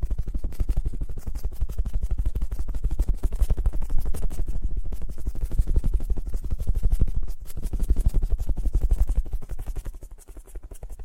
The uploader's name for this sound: Fast & Gentle Tapping